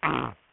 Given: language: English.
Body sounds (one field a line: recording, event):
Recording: throat vibration sensor signal played as sound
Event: throat clearing